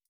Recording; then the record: hydrophone in a shrimp aquaculture tank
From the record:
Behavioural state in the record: feeding